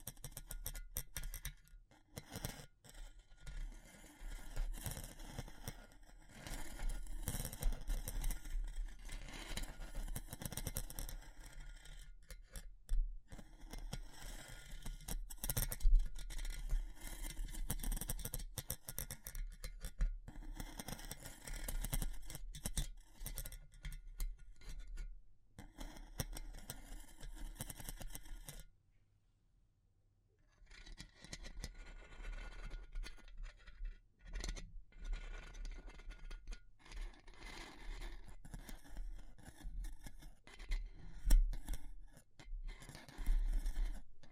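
Wood, bamboo and straw are handled, producing dense, constant scratching, tapping and crinkling with many quick bright clicks. A steady low hum runs underneath. Near 28 to 30 seconds the sounds drop to near silence, then the rustling and tapping resume, with occasional louder knocks.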